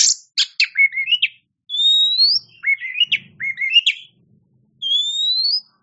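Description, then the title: Oriental magpie-robin song mixing sharp chirps with clear whistled notes, including long rising whistles that glide upward, delivered in quick varied phrases. Champion singing bird. "Kicau Burung Kacer Juara"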